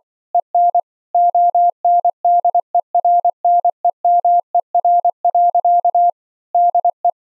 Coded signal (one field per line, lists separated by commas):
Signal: Morse code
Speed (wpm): 27 wpm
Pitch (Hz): 690 Hz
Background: none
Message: EN ONDERNEMER. DE